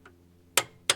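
A click-type torque wrench tightens the nut on an engine mount stud to the 100 setting. It gives sharp clicks at 0.6 s and 0.9 s, confirming the setting is reached and the stud did not snap. A faint tick is heard near 0.1 s before them.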